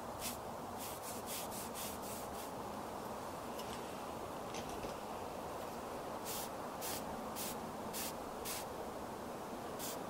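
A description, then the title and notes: Makeup is applied outdoors, with quick, bright brushing or rubbing strokes coming in rapid runs near the start and again from about six to nine seconds. Underneath, a steady low rumble and hiss, like passing traffic, continues the whole time. Doing Your Makeup Outside on a Sunny Day.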